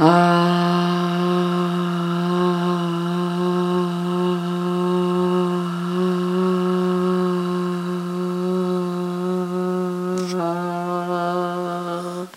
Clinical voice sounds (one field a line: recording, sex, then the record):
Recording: sustained vowel /a/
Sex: female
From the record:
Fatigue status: fatigue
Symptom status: symptomatic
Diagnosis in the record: COVID-19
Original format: m4a